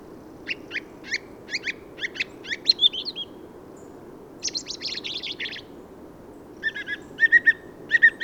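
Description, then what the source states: Song thrush song with a sharp note repeated several times, then a dense buzzy burst, and finally clear whistled notes repeated several times against faint low rumble. Autumn improvised song in Forêt de Valdrôme, 15 November 2020; thrushes staying until the snow because of exceptional whitebeam and rowan fruiting; recorded with Nagra Seven and Telinga pro7 parabola.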